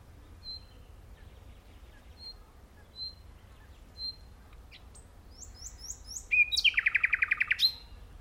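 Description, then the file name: Common nightingale: soft thin high whistles at irregular intervals, then descending notes and a loud rapid rattling trill near the end. "Luscinia megarhynchos"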